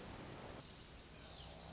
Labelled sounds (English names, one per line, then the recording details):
Pacific Wren
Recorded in Sonoma County, California